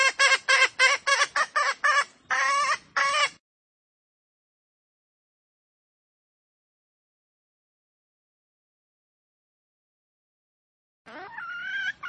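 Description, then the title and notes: Female junglefowl calls, a rapid series of loud, harsh clucking notes in quick succession for about three seconds, a long silence, then another raspy call begins. Female junglefowl; lure recording used to attract wild junglefowl. "Pancingan Ayam Hutan Betina. Suara Ayam Hutan Betina. Pemikat Ayam Hutan"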